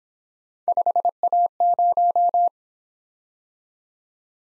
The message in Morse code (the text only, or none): 5A0